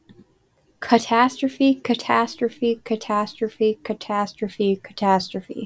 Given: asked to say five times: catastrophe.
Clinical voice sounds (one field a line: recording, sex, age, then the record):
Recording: repeated word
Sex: female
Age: 18 to 19 years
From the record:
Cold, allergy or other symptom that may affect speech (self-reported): no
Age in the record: 19 years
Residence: Iowa, United States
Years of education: 14